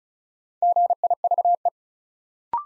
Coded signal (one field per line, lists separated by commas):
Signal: Morse code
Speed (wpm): 36 wpm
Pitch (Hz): 700 Hz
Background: none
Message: GIVE